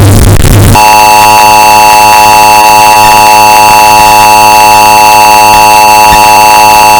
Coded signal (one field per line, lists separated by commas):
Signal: Emergency Alert System (SAME) tones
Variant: 853 and 960 Hz attention tone